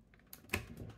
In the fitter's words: it should click right into place just like that